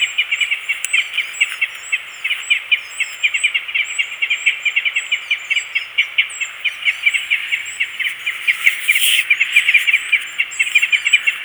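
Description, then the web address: Crossbills calling as a flock, a dense continuous chatter of sharp clipped notes, with higher thin calls scattered above throughout. "Crossbills. Tatton"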